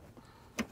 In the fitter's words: once you release them you'll kind of hear a click an audible click and then